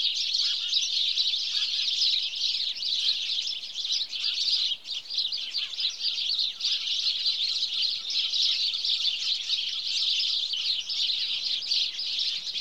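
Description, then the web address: House sparrow: unbroken chatter of a house sparrow flock, countless overlapping high chirps with one short dip midway. "BBC Sound Effects Library (Birds) House Sparrow (Passer Domesticus)"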